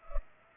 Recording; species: mosquito wingbeat signal from an infrared sensor; Culex pipiens